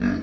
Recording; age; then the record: pig call; growing-finishing pig (85 days or more)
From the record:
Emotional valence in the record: negative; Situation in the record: barren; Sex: male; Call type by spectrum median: low-frequency call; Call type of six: low-frequency stable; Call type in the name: low-frequency stable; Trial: 2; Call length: 0.23 s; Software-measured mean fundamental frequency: 60 Hz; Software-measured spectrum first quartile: 220 Hz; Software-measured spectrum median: 307 Hz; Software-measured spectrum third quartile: 1048 Hz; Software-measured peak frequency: 240 Hz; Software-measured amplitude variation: 187 dB a second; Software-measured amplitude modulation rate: 34.9 a second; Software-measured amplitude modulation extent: 5.3 dB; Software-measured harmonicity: 3.7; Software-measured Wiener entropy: -2.02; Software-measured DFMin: 1031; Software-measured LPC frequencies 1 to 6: 264, 1667, 2530, 3628, 4573, 5721 Hz